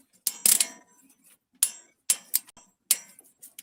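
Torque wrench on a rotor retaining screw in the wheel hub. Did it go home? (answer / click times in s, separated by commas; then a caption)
yes / 2.9 s. A small click-type torque wrench preset to 20 Nm tightens a small screw that holds a new rotor in place on the rear wheel hub of a Lincoln MKS. Several sharp metallic ticks and hits are heard, at about 0.3, 0.5, 0.6, 1.6 and 2.4 seconds. The last and loudest, at 2.9 s, is the wrench clicking at its setting, confirming the screw is torqued.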